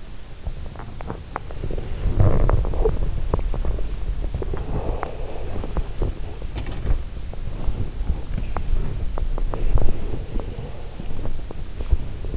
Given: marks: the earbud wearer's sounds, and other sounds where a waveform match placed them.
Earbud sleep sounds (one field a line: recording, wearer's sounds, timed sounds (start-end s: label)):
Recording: sounds in sleep by an in-ear microphone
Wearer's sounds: body movement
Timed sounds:
0.00-12.37 s: body movement